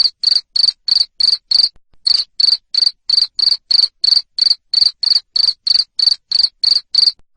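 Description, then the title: Cricket chirps, high and grating, evenly spaced near three per second, with a short gap early on. Loud cricket chirping played to make lovebirds keep singing (ngekek). "Suara JANGKRIK NGERIK Keras Bikin LOVEBIRD Jadi NGEKEK Terus Vubey"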